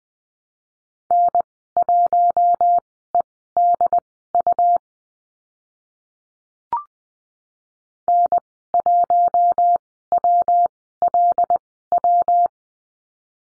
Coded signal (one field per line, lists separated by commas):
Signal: Morse code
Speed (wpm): 20 wpm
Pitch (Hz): 700 Hz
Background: none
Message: N1EDU N1WLW